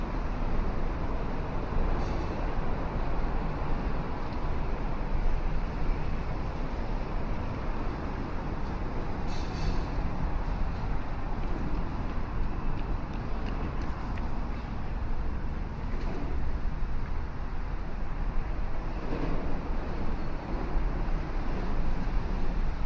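A morning walk in downtown Chicago, with a dense, steady roar of city traffic filling the whole stretch. The rumble stays low and constant at an even loudness, with brief brighter hisses and clatters passing through around 2, 9, 14 and 16 seconds.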